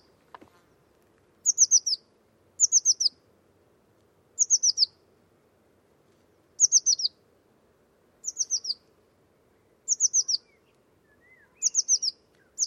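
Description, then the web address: Bird call: tight clusters of three or four high, downslurred notes, repeated about every one to two seconds, over a soft low rumble; a click at the start. Bird-only recording, class labelled Cy Ca. "cianscape birddata Deverinetal 2025 File origin Bird Only Cy Ca"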